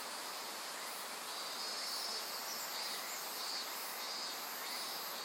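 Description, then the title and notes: Insect chorus of continuous shrill trilling, high buzzy phrases coming and going, all set against even river rush. Various insects calling in a forest of dense trees beside the Azusa River, Shinano River system, Shinshu. "信州、川の森の音. 信濃川水系、梓川. 川のそばには木々が生い茂る森があり、いろんな虫たちの声を聴くことができました。"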